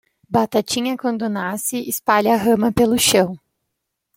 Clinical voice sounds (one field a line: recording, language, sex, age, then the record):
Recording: short text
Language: Brazilian Portuguese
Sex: female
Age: 20 to 29 years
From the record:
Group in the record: control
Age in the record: 24 years